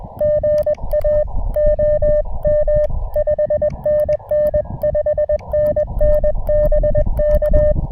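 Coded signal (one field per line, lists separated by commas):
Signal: Morse code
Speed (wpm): 20 wpm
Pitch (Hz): 590 Hz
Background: none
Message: GA OM 5NN 5NN BK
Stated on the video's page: CW from a rainy POTA park activation with an Elecraft KX2, KXPD2 paddles, battery power and a random wire antenna.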